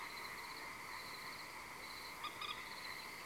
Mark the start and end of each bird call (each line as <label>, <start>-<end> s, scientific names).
Gallinula chloropus, 2.21-2.54 s